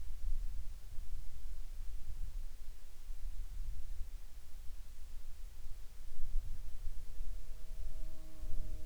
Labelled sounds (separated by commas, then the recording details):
insects
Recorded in Ivvavik National Park, Yukon, on 29 June 2019 at 12:42
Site SINP03